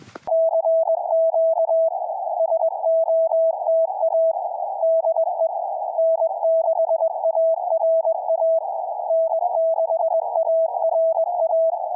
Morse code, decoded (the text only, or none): CQ SOTA DE N6ARA N6ARA